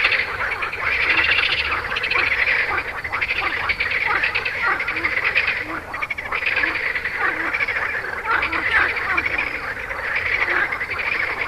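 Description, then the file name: Frogs calling in a dense chorus of rapid, pulsed croaks, overlapping continuously. "grenouilles"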